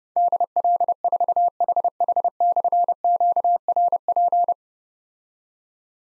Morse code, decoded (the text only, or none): DL4HH/QRP